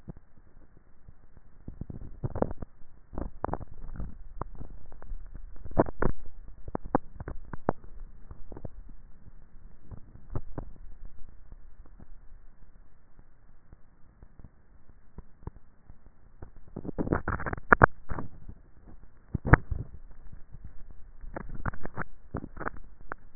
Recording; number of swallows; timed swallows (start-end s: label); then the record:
swallowing sounds by neck microphone; 2
3.75-4.95 s: swallow
19.48-20.38 s: swallow
From the record:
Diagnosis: dysphagia